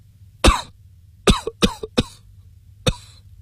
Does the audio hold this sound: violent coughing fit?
yes